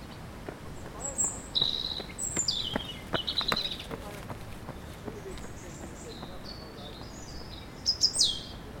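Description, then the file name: European robin song: bright, high, trilling and sliding phrases in quick bursts, with scattered clicks and taps in the background. "Erithacus rubecula"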